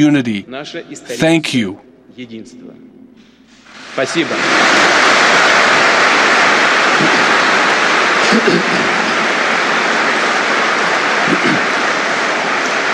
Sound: applause